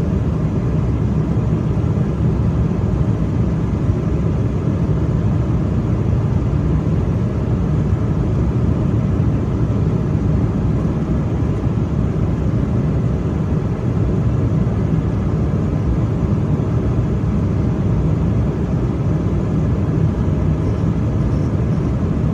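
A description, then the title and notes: Cabin noise from an Embraer E190 in flight: a steady, dense low roar that holds at the same level throughout. The sound is weighted heavily toward the bass with a softer hiss above, and no distinct events break the continuous drone. FULL FLIGHT - Embraer E190 Frankfurt to London City Airport (Lufthansa) - WHITE NOISE.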